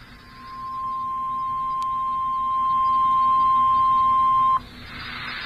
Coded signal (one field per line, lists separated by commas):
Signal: Emergency Alert System (SAME) tones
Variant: 1050 Hz attention tone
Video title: EAS #38 - Severe Thunderstorm Watch #170